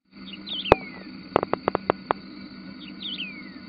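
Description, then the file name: Wedge-tailed grass-finch gives two short phrases, each a few high notes ending in a long falling whistle. A run of sharp clicks falls between them over a low hum. Recorded in a nature reserve near Piraju, Brazil. "Emberizoides herbicola -Piraju, Brasil -nature reserve"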